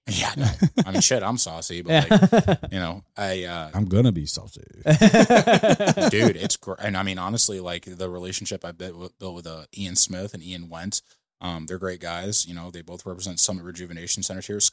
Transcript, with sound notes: - Yeah, I'm shit, I'm saucy, but like, you know, I, - I'm gonna be saucy. - (laughing) Dude, it's, and I mean, honestly, like the relationship I've built with Ian Smith and Ian Went, they're great guys, you know, they both represent Summit Rejuvenation Center here.